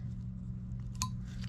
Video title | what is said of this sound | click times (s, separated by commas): Suzuki DRZ400 - "SHIM" Clearance EP-3 - #drz400s #dualsport #suzukidrz400 drz 400 | to just pop right in boom | 1.0 s